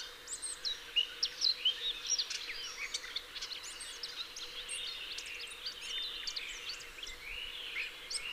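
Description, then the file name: Eurasian blackcap chirping: a quick series of sharp high notes at the start, then continuous busy twittering with some longer slurred notes, over a low steady hum. "Sylvia atricapilla"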